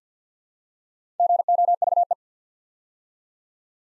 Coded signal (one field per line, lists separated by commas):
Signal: Morse code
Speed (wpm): 48 wpm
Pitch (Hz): 700 Hz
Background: none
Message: GOVE